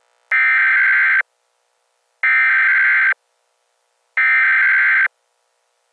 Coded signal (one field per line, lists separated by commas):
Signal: Emergency Alert System (SAME) tones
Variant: header bursts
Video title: Macusoper Thanks the EAS Reporter & Gets Good Boy